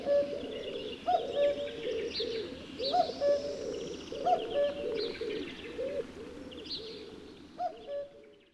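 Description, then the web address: Common cuckoo giving several two-note cu-coo calls amid a busy chorus of other birds, including lower warbling notes and high chirps. "Spev Vtakov kukucka"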